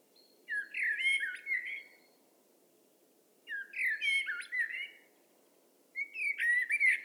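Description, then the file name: Common blackbird song, three rich warbling phrases with slurred whistles and sharp high notes, spaced a couple of seconds apart. "Turdus merula"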